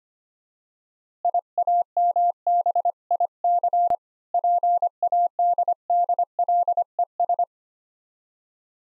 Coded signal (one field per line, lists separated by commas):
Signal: Morse code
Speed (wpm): 25 wpm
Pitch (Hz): 700 Hz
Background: none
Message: IAMBIC PADDLES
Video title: AD5DZ iambic morse code keyer PLUS straight key - using Jack Audio Connection Kit